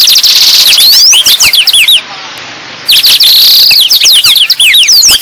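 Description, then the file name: Blackthroat song, dense high slurred whistles and rapid chattering notes, broken by a brief pause before the fast phrases resume. Lively, energetic singing (gacor). "burung blackthroat gacor"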